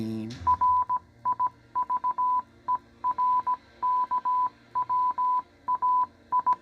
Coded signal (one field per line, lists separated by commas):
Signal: Morse code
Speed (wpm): 17 wpm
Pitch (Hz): 1000 Hz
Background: none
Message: RIVERKWAI